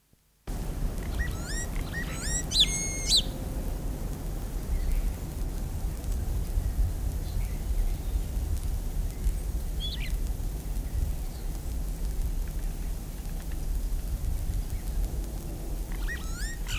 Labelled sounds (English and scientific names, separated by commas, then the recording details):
European Starling (Sturnus vulgaris)
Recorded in the wild
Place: Neustadt am Rübenberge, OT Schneeren, Mecklenburg-Vorpommern, DE
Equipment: Halbspur, 9,5 cm/s
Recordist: Lütgens, Hans
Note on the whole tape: Ahmt Kiebitz nach